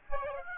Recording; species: mosquito wingbeat signal from an infrared sensor; Aedes aegypti